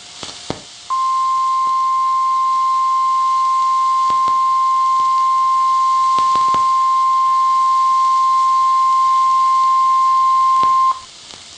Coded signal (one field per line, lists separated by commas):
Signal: Emergency Alert System (SAME) tones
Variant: 1050 Hz attention tone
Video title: Real NOAA Weather Radio EAS Alert #278